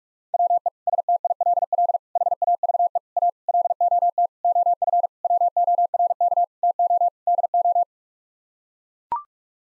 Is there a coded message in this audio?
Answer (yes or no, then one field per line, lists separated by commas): yes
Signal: Morse code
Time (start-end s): 0.3-7.8 s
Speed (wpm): 42 wpm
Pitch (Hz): 700 Hz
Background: none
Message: WE STILL HAVE A LOT OF WORK TO DO